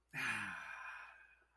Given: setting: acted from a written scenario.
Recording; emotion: vocal sound without words; pride